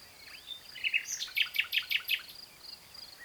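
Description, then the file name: Common nightingale song: a soft whistle, then a fast series of several loud repeated notes, over a thin continuous high hum. "Luscinia megarhynchos"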